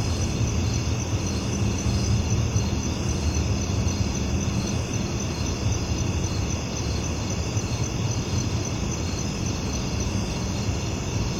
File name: Sound Ideas 2000 Series - Residential Daytime Crickets And Grasshoppers, Ambience, Country